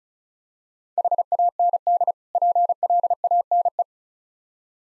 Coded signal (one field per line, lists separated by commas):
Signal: Morse code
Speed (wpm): 39 wpm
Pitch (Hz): 700 Hz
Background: none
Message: HAND PLANE